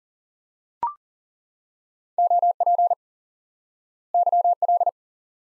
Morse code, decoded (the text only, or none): OP YL